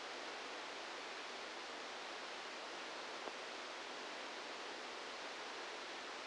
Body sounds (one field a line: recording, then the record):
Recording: brain microelectrode recording played as sound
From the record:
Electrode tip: outside the subthalamic nucleus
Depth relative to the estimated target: -8 mm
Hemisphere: right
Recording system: NeuroSet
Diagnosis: Parkinson's disease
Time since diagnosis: 15 years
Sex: female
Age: 59 years